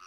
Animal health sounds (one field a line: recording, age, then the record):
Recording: pig call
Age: piglet (1 to 25 days)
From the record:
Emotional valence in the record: positive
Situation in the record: short reunion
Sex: female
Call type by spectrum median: low-frequency call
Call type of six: low-frequency tonal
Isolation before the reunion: 3 minutes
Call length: 0.07 s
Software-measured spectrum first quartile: 1260 Hz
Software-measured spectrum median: 1862 Hz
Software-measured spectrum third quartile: 4188 Hz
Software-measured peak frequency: 1288 Hz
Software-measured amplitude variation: 6 dB a second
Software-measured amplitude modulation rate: 14.4 a second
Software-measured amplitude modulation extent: 0.4 dB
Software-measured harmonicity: 6.4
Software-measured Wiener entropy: -2.32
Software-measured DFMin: 1137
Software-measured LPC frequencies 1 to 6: 1263, 2637, 4638, 5685, 7681, 9189 Hz